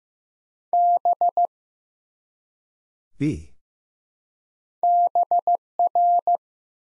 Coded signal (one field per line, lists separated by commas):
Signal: Morse code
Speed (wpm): 15 wpm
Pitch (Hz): 700 Hz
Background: none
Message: B BR